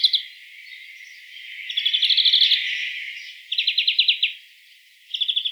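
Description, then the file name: European greenfinch uttering short pulsed trills, with a softer rushing twittering between bursts and a quick rattle at the end. "Chloris chloris"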